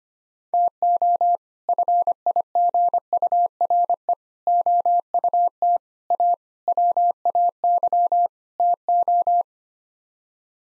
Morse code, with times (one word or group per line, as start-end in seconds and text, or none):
0.5-1.4 TO
1.7-4.1 FIGURE
4.5-5.8 OUT
6.1-6.3 A
6.7-8.3 WAY
8.6-9.4 TO